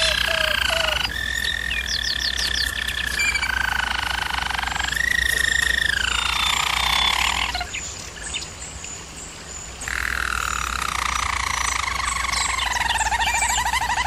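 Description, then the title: German Roller canary rolling song in long smooth tours falling gently in pitch, a quieter break of about two seconds, then descending rolls resume. Used for canary training. "German Roller Canary Singing - Canary Training Vid"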